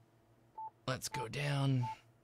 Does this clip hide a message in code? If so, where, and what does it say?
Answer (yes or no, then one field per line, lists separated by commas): no